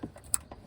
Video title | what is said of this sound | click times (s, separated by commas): How To Replace The Front Hubs On A 2005 Ford Explorer XLT RWD/2WD | And you should hear it snap. | 0.3 s